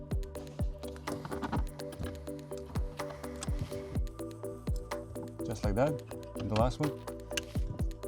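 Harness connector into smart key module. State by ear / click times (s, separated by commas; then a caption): seated / 7.4 s. The last plastic harness connector is pushed into the smart key module of a 2016–2020 Kia Sorento during a MyKey Premium plug-and-play remote start installation, over background music while someone talks. It seats with a sharp click at 7.4 s, confirming it is fully in, since a connector that isn't all the way in keeps the car from working properly.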